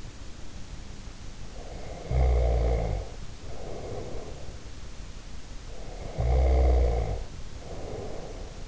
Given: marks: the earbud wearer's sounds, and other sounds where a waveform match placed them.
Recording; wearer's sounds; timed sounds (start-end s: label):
sounds in sleep by an in-ear microphone; snoring breath
1.48-4.59 s: snoring breath
5.58-8.68 s: snoring breath